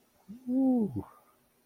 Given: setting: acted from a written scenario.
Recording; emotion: vocal sound without words; desire